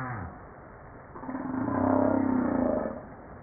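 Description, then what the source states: Humpback whale moan: a low, swelling groan with stacked harmonics, faintly pulsed, building and fading over about two seconds after a short low note at the start. Recorded 5 March 1994.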